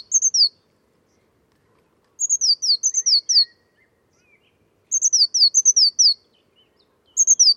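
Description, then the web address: Bird uttering quick series of high, thin, downward notes, each burst lasting about a second, with silent gaps between. Bird-only recording. "cianscape birddata Deverinetal 2025 File origin Bird Only Cy Ca"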